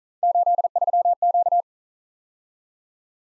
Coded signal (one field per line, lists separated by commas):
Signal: Morse code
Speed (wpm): 42 wpm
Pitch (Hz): 700 Hz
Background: none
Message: 83Q